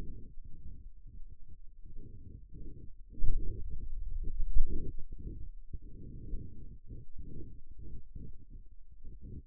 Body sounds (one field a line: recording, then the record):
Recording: forearm muscle sounds (acoustic myography)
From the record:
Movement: finger pinch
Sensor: system 2, bracelet of six BSWA MPA416 microphones around the upper forearm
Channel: 6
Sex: male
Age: 22 years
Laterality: right